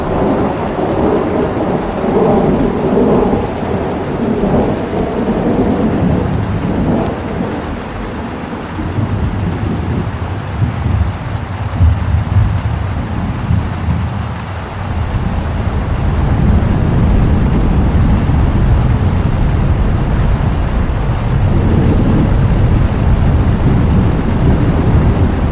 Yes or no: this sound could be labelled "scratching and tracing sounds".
no